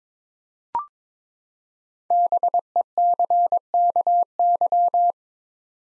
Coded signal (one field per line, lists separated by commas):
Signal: Morse code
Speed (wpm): 22 wpm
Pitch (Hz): 700 Hz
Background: none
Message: BECKY